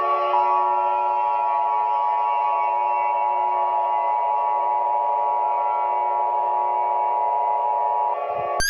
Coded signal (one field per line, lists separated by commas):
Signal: Emergency Alert System (SAME) tones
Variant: 853 and 960 Hz attention tone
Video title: All Emergencies with Chinese Provinces EAS Alarm